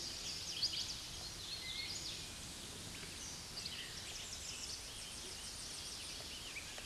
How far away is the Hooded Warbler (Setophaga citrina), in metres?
about 65 m